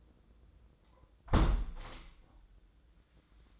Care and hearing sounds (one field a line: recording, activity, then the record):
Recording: daily activity, microphone in the room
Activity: close window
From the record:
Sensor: 3